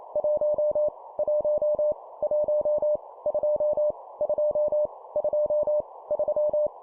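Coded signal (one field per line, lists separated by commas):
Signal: Morse code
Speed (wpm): 28 wpm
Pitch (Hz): 600 Hz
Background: none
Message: 1 1 1 2 2 2 3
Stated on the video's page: Morse copy-speed drill of numbers at 25 wpm, each repeated three times.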